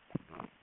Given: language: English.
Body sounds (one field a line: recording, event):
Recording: throat vibration sensor signal played as sound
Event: swallow